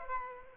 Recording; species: mosquito wingbeat signal from an infrared sensor; Aedes aegypti